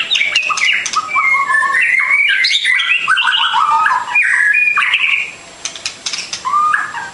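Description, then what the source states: Bird song, a fast varied run of whistled and chirping phrases that rise and fall, with sharp clicks between them, easing into softer rising notes near the end. Complete masteran birdsong for training.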